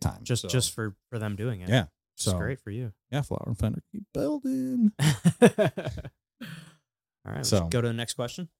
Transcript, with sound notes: Big time.
Just for them doing it.
Yeah, so.
It's great for you.
Yeah, for them to keep building. (laughs)
All right, let's go to the next question.